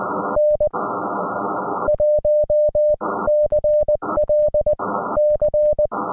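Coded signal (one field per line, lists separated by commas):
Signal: Morse code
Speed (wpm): 19 wpm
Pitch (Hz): 600 Hz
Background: none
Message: N1CLC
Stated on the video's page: Morse from a SOTA summit activation in the San Gabriel mountains.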